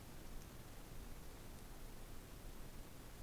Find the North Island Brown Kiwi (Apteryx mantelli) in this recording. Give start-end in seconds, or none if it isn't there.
none